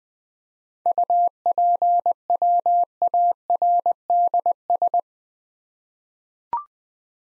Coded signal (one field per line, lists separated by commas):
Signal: Morse code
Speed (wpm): 20 wpm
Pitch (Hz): 700 Hz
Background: none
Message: UPWARDS